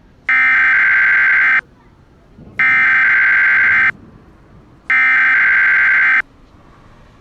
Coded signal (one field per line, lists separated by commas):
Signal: Emergency Alert System (SAME) tones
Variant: header bursts